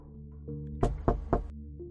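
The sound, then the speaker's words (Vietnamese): Three dry, evenly spaced knocks on a door land in quick succession over a low, steady humming drone, each knock sharp and fairly loud. “Vẫn không có tiếng trả lời, mà chỉ có ba tiếng gõ cửa vang vọng ra, nghe khô khốc ớn lạnh.”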